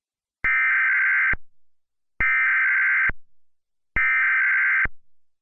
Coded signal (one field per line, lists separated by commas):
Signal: Emergency Alert System (SAME) tones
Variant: header bursts